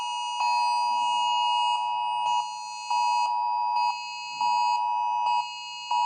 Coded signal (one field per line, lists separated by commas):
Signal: Emergency Alert System (SAME) tones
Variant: 853 and 960 Hz attention tone